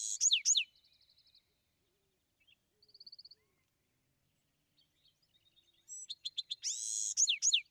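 Bewick's wren song: loud descending slurred notes at the start and end, with a short high trill and quiet scattered notes in between.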